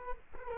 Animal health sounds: mosquito wingbeat signal from an infrared sensor; Culex quinquefasciatus

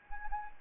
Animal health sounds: mosquito wingbeat signal from an infrared sensor; Anopheles arabiensis

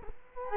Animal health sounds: mosquito wingbeat signal from an infrared sensor; Culex quinquefasciatus

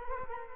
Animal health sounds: mosquito wingbeat signal from an infrared sensor; Culex quinquefasciatus

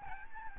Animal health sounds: mosquito wingbeat signal from an infrared sensor; Aedes albopictus

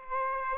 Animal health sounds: mosquito wingbeat signal from an infrared sensor; Aedes aegypti

